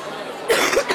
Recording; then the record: coughing mixed with background sound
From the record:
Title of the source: 34 coughing up crap again